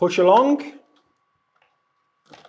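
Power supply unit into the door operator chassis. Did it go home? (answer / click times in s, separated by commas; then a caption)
no / none. Someone talks briefly as a power supply unit is pushed along its mounting track inside a Label Next 300 door operator chassis, followed by faint light ticks around 1.6 s and a soft scuffing handling noise near 2.3–2.5 s. Nothing has seated or clicked yet; the unit has not locked into the housing.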